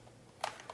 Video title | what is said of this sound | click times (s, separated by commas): MPOW H7 Budget Bluetooth Headphone Under $20 Review | so I'm not a big fan of this not really locking into place. | 0.4 s, 0.6 s, 0.7 s